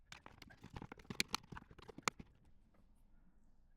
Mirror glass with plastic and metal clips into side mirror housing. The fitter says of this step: corner to corner, nice and easy, it should snap right in place.